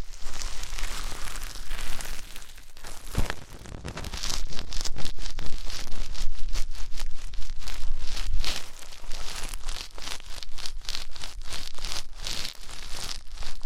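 Ear cleaning sounds fill the whole stretch: dense, irregular scratching and rustling with quick crackles, crinkles and soft tearing textures. The activity is nearly constant and bright, with brief lulls near three seconds and a sharper pop around eight seconds.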